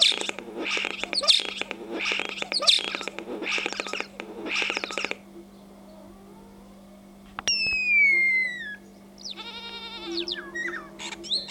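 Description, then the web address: Common starling song opening with rapid repeated rattling bursts, then a pause, a long drawn-out descending whistle and a wavering warbled phrase, with a low hum throughout. "vogelstimmen star xenocanto"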